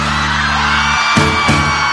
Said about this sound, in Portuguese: Agora eu quero ouvir o grito dessa mulherada.